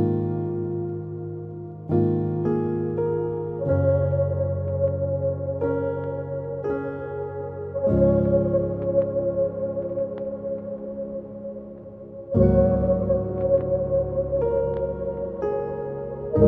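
A soft upright piano plays slow, sustained chords that ring and fade, with new chords struck roughly every two seconds and fuller ones near 8 and 12 seconds. Low notes hum beneath, while a steady mid-range tone lingers throughout, giving a gentle, bell-like shimmer.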